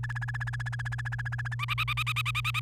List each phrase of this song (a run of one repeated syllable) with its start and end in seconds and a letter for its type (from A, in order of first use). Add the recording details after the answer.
0.03-1.55 A, 1.59-2.60 B. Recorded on 28 April 2018 at 06:21. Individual llb3